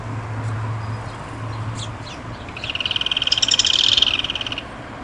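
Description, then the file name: Yellow-chinned spinetail singing one dry, rapidly pulsed trill that swells and then fades, preceded by a few short high notes and a low droning hum. "canto do curutie"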